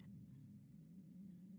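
A steady, low-pitched rumble lasts about a second and a half, its drone wavering and sliding in pitch like a distant engine, close to the sound of a plane. It is an adult's stomach growling (borborygmi), the ordinary gurgle of gas and fluid moving through the gut.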